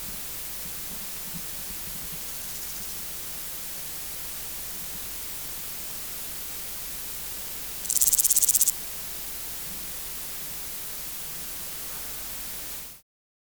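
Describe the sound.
Omocestus bolivari grasshopper giving one short, high, buzzy burst of rapid pulses near the middle. Steady background hiss fills the rest before the sound cuts off.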